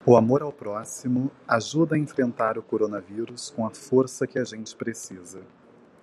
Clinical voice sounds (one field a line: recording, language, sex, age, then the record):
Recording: spoken sentence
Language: Brazilian Portuguese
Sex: male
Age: 20 to 29 years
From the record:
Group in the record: control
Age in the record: 24 years